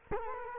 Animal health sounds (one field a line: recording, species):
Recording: mosquito wingbeat signal from an infrared sensor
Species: Culex quinquefasciatus